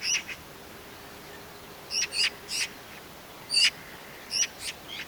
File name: Pica pica